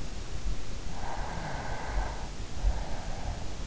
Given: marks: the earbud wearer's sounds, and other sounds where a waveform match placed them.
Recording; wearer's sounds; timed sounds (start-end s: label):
sounds in sleep by an in-ear microphone; breath
0.88-3.57 s: breath